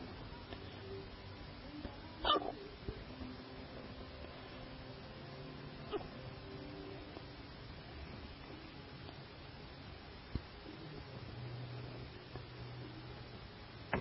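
A few sharp, brief hiccup sounds spaced seconds apart over low background noise, typical of hiccups in an adult.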